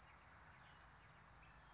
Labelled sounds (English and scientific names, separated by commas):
California Towhee (Melozone crissalis)